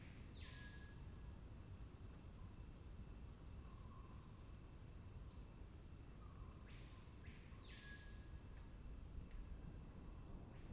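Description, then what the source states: Dense insect chorus: bright sustained high buzzing in two tones, with scattered downward-sweeping calls and a steady hiss of background noise. Insect solo recorded in the Amazon rainforest.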